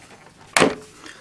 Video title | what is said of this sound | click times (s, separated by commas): Jyuden Brave Box Review | and then it'll snap in place and what that does is actually it makes it a little bit tough | 0.6 s